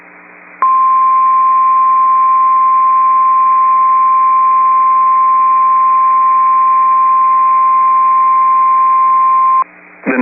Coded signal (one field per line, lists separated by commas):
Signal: Emergency Alert System (SAME) tones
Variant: 1050 Hz attention tone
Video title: Tornado Warning (Burleigh and Kidder, ND) (8/28/24) [EAS #29]